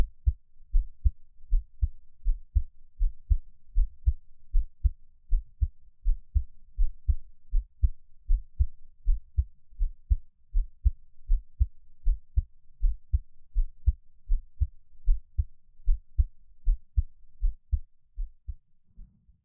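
Soft, steady low thumps in lub-dub pairs at roughly 79 beats a minute, with even spacing and no added noise between beats. A gentle, calm, ordinary adult heartbeat heard close up, with faint room hum underneath.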